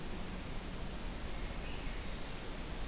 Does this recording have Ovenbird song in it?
no